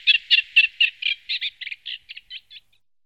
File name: palašníček-tamaryškový